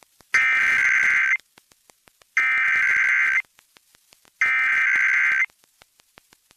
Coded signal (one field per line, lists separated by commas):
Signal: Emergency Alert System (SAME) tones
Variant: header bursts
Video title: EAS #546 - Required Weekly Test (AM/FM) #7